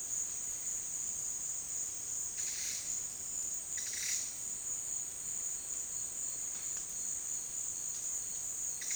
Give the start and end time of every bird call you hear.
[2.35, 2.87] bird call (1.0-10.8 kHz)
[3.65, 4.30] bird call (1.1-11.4 kHz)

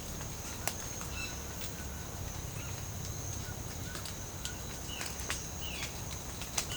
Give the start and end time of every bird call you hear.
[1.10, 1.34] bird call (1.1-7.3 kHz)
[2.56, 2.71] bird call (0.9-3.1 kHz)
[3.44, 4.60] bird call (1.1-2.0 kHz)
[4.87, 5.17] bird call (1.0-3.4 kHz)
[5.57, 5.94] bird call (1.3-3.7 kHz)

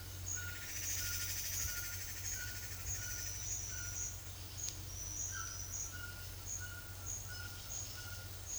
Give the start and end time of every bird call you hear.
[0.00, 4.18] bird call (1.1-1.9 kHz)
[5.32, 8.32] bird call (0.8-2.1 kHz)

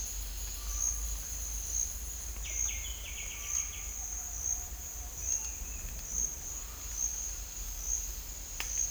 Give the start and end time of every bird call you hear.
[0.52, 1.00] bird call (0.8-1.8 kHz)
[2.40, 3.85] bird call (1.7-4.2 kHz)

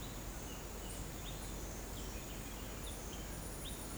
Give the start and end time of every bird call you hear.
[0.00, 3.98] bird call (1.9-4.5 kHz)

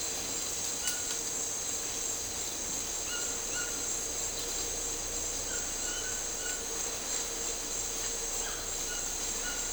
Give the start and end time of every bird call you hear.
[0.69, 1.20] bird call (0.8-4.2 kHz)
[2.98, 3.74] bird call (0.8-4.5 kHz)
[5.52, 6.59] bird call (0.7-4.5 kHz)
[8.30, 9.65] bird call (0.9-4.1 kHz)

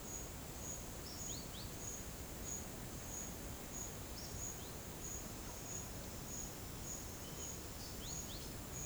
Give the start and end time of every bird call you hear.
[1.25, 1.73] bird call (2.6-5.2 kHz)
[4.55, 4.79] bird call (2.5-4.5 kHz)
[8.03, 8.44] bird call (2.3-5.0 kHz)

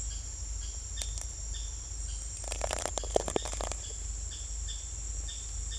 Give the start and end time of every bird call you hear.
[0.09, 0.23] bird call (1.7-3.9 kHz)
[0.59, 1.20] bird call (1.3-4.4 kHz)
[1.53, 1.75] bird call (1.5-4.3 kHz)
[2.06, 2.21] bird call (1.5-3.9 kHz)
[3.35, 3.48] bird call (2.2-4.2 kHz)
[3.81, 3.96] bird call (1.8-3.9 kHz)
[4.27, 4.90] bird call (1.2-4.2 kHz)
[5.26, 5.45] bird call (1.1-4.5 kHz)

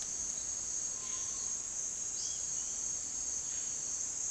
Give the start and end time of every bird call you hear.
[0.85, 1.61] bird call (0.6-1.5 kHz)
[2.10, 2.76] bird call (2.4-7.0 kHz)
[3.43, 3.94] bird call (1.5-4.6 kHz)

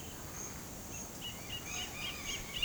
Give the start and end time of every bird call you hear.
[0.78, 2.65] bird call (1.6-4.2 kHz)

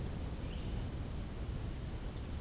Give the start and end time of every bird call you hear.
[0.45, 0.70] bird call (1.9-3.9 kHz)

